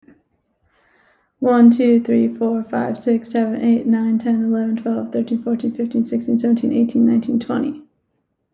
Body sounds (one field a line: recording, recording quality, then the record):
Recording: counting at a fast pace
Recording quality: excellent, no background noise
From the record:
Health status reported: healthy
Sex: female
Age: 29 years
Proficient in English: yes